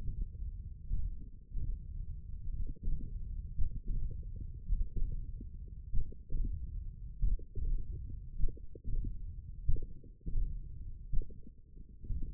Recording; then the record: forearm muscle sounds (acoustic myography)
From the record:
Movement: hand opening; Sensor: system 1, eight BSWA MPA416 microphones around the upper forearm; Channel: 1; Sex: male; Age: 42 years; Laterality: right